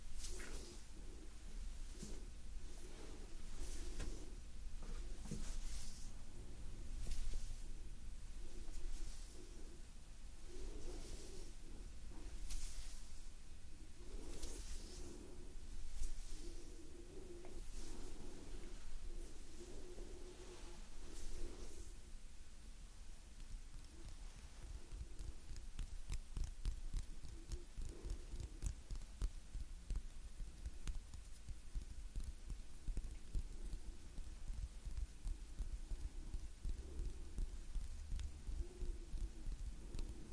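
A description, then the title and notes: Soft hand movements and gentle breathing, with slow airy breaths rising and falling every couple of seconds through the first twenty seconds. Afterward the breathing fades and quick, dense little rustles and taps take over, steady to the end over a faint low hum. Gentle Hand Sounds Movements & Breathing No Talking.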